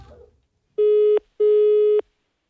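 Two short, steady ringing tones on a telephone line during a call placed to Kent, each a low buzzy hum lasting under half a second, separated by a brief pause, heard alone after a faint trailing sound.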